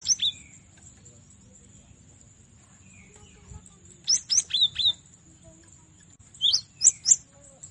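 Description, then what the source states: Cinereous tit song: short bursts of high, sharp whistled notes sliding downward, given in three separate phrases, with a steady thin high hum throughout. Training recording for cage birds to learn from.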